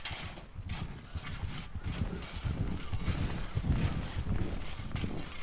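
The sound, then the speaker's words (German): Hooves of an approaching white horse clop along in a steady, repeating rhythm, the thuds dull and low-pitched, with a soft hiss running underneath and no one speaking. “Weißt eigentlich, woher er den Gaul gekriegt hat? Diesen Schimmel? Ja. Sag's dir später, der kommt da.”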